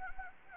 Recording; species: mosquito wingbeat signal from an infrared sensor; Anopheles gambiae